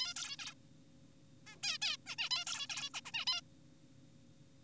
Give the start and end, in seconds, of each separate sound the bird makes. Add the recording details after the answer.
0.00-0.14, 0.16-0.36, 0.39-0.54, 1.47-1.57, 1.63-1.78, 1.82-1.97, 2.06-2.16, 2.18-2.30, 2.31-2.45, 2.47-2.67, 2.70-2.90, 2.94-3.01, 3.06-3.11, 3.14-3.25, 3.27-3.41. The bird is an adult. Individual g4p5U